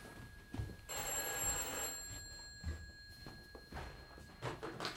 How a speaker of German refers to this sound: Das Telefon läutet.